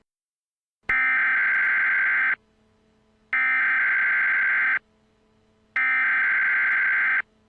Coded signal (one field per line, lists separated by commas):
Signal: Emergency Alert System (SAME) tones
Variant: header bursts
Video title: EAS ALERT FOR CAMP BLUEWATER February 13th 2026